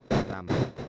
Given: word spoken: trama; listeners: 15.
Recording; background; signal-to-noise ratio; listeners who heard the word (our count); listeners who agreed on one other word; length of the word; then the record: one Spanish word in noise, from a listening test; noise modulated by one talker; -11.7 dB; 0 of 15; 6 of 15; 0.48 s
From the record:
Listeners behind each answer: 6, 2, 1, 1, 1, 1, 1, 1, 1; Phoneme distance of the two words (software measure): 17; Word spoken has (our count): 2 syllables, 5 phonemes, stress on syllable 1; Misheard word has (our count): 2 syllables, 4 phonemes, stress on syllable 1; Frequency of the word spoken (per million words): 18.76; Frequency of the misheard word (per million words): 21.64